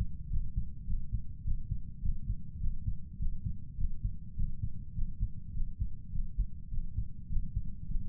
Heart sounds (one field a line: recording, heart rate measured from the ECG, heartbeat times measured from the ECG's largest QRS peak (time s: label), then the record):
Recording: heart sounds by stethoscope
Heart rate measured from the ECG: 103 bpm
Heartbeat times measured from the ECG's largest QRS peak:
0.29 s: heartbeat
0.85 s: heartbeat
1.43 s: heartbeat
2.01 s: heartbeat
2.59 s: heartbeat
3.18 s: heartbeat
3.76 s: heartbeat
4.35 s: heartbeat
4.94 s: heartbeat
5.53 s: heartbeat
6.11 s: heartbeat
6.69 s: heartbeat
7.28 s: heartbeat
7.87 s: heartbeat
From the record:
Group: healthy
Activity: Valsalva maneuver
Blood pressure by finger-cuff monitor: 84/61 mmHg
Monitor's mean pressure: 68 mmHg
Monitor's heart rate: 103 bpm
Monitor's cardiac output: 7.9 L/min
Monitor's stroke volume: 76 mL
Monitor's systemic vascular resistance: 620 dyn s/cm5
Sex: male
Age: 23 years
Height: 178 cm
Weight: 96.6 kg